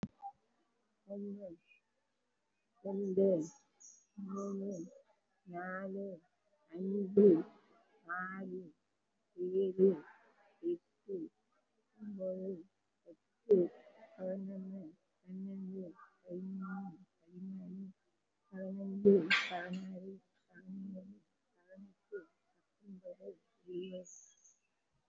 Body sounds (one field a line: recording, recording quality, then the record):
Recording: counting at a normal pace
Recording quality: excellent, no background noise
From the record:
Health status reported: COVID-19 positive, moderate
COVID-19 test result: positive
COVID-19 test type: RT-PCR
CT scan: taken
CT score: 3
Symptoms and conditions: cough, cold, breathing difficulty, sore throat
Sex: female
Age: 75 years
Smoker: no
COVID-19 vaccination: none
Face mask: worn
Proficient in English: no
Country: India